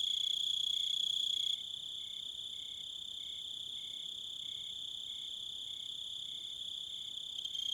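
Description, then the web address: Crickets chirping in a steady, evenly spaced pulse over a continuous high ringing trill. "Sounds of Nature Collection Crickets And Wolves"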